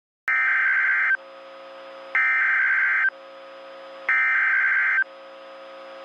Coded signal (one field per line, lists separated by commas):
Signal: Emergency Alert System (SAME) tones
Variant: header bursts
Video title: EAS TORNADO WARNING for Melissa, TX! - March 14, 2024